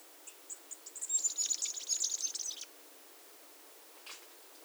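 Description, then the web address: Masked flowerpiercer singing a brief, very high, hurried twittering phrase of thin chips and trills, followed by silence and one faint note. Recorded at Iguaque, Villa de Leyva and its surroundings, Colombia. "sonidos de las aves iguaque villa de leyva y sus alrededores Diglosa De Antifaz, Diglossa cyanea"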